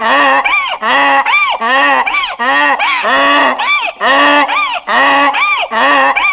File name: donkey voice